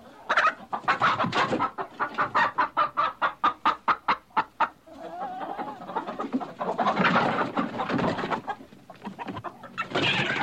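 Chicken clucking: a quick run of sharp, evenly spaced clucks for several seconds, then a denser, rougher burst of cackling clucks.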